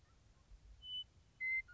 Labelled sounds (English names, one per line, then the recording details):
Western Meadowlark
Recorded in Sonoma County, California